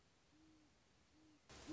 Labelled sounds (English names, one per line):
Great Horned Owl